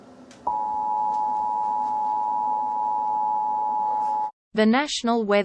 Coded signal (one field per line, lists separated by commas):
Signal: Emergency Alert System (SAME) tones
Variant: 853 and 960 Hz attention tone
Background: speech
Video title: A Monster returns EAS scenario ￼